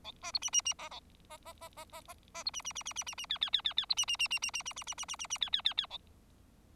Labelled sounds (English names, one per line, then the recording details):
Bengalese Finch song
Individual Bird4